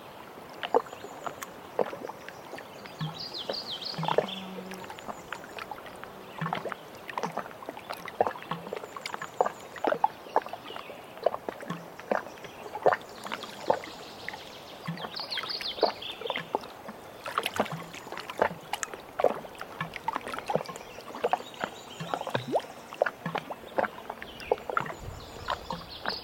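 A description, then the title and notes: Canoe travel on open water, with repeated sharp knocks and splashes of paddle strokes coming every second or so. Between strokes there is a quiet, steady outdoor hush, with a few brief higher chirps and thin rustles scattered throughout. Into the Wilderness by Canoe.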